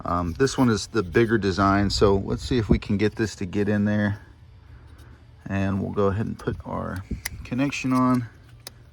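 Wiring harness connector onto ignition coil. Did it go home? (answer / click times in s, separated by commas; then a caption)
yes / 8.7 s. A plastic wiring harness connector is pushed onto the terminal of a new ignition coil on a BMW 3.0L inline-six N52 engine while someone talks. The connector latches with a small, sharp click at 8.7 s and seats on the coil.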